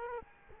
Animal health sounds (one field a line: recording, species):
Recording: mosquito wingbeat signal from an infrared sensor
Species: Culex quinquefasciatus